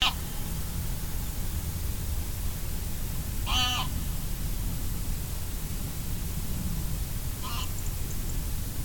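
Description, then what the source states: Goose giving a few nasal, harmonic honks, one cut off at the start and the last fainter, over a constant low rumbling noise. Recorded on 20 October 2024 at 05:57.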